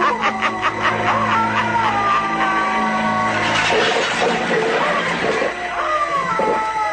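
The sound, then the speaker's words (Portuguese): A cat meows loudly in a long, drawn-out series, its tone rising and falling with a pulsing, stuttering quality at first before sliding into wavering wails. “Quem está aí? Outro gato.”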